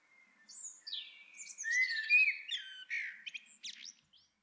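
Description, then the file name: Eurasian blackbird song, a continuous run of soft warbling whistles that breaks into rapid, high scratchy twitters toward the end. "Turdus merula"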